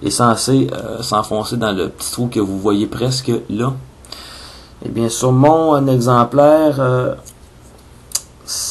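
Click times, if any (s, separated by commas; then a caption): none. A small plastic tab on a Transformers Dark of the Moon Deluxe Roadbuster transforming toy figure is pushed toward its small receiving hole while someone talks, with faint taps near 4.1 s and a sharp tick at 8.2 s. Nothing has seated or clicked yet: the tab does not engage properly and will not stay in place because the hole is slightly too small.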